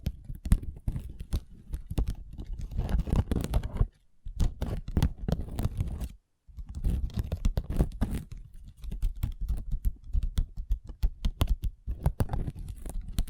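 Long fingernails tap and scratch across a tabletop in quick, dense bursts of clicks, much like fast typing. The activity runs almost continuously, with a brief pause just before 4 seconds and a full silence around 6 seconds before the tapping resumes.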